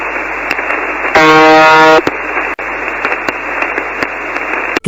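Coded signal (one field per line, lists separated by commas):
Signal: channel marker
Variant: UVB-76 (The Buzzer)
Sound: radio hiss, then a single harsh, low, rasping buzz under a second long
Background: radio static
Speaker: suara yang diberi nama UVB 76 the bazar ini diyakini sebagai kode rahasia yang hanya berisikan pesan penting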